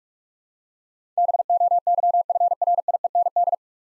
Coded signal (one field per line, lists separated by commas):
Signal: Morse code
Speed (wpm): 41 wpm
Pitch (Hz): 700 Hz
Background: none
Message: BOYFRIEND